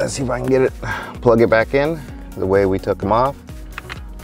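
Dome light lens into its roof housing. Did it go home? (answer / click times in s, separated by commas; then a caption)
yes / 3.8 s, 3.9 s. Someone talks over music while pushing a plastic dome light lens back into its roof housing in a Jeep Renegade, the same way it came out. Two short clicks at 3.8 s and 3.9 s mark the lens seating in place.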